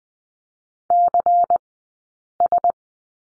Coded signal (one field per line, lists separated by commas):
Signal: Morse code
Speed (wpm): 20 wpm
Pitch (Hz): 700 Hz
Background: none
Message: CS